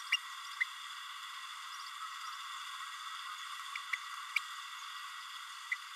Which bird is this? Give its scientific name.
Forpus passerinus